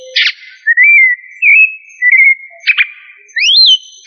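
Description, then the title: Thrush song of slurred whistled notes broken by short harsh bursts, with a rising slurred phrase near the end. Family Turdidae (sabiá). "Familia Turdidae - Sabia"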